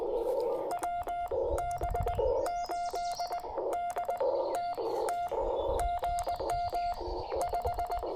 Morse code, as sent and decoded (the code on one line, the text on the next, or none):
.-- / -... / ---.. / -.. / - / - / --. -- / .....
W B 8 D T T GM 5